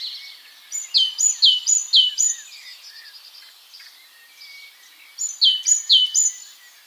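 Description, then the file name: Great tit song in two bursts of rhythmic two-note phrases, high then low, separated by a pause. "Parus major"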